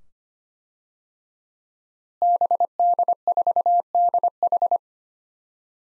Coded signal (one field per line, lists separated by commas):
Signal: Morse code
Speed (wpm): 25 wpm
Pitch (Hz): 700 Hz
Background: none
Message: BD4DH